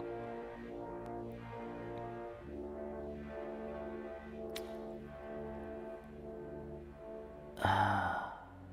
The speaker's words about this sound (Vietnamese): Bắt đầu buồn ngủ rồi, đọc thấy ngáp rồi.